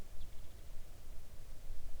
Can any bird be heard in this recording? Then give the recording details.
no. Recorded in the Arctic National Wildlife Refuge, Alaska, on 3 August 2019 at 05:41. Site 41